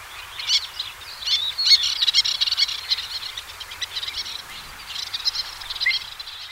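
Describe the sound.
Little tern calls, a dense overlapping chatter of sharp, high, rasping notes from several birds, rising and falling in intensity throughout.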